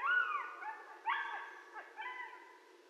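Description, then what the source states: Coyote yips and wavering howls, quick rising and falling notes tumbling over one another. Several coyotes, recorded 13 November 2012.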